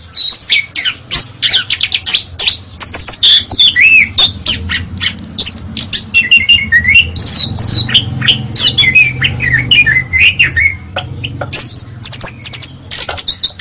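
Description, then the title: Oriental magpie-robin in rich, continuous song: looping whistles, twangy slurs and scratchy squawks in rapid succession, with a steady low rumble underneath. "Kacer"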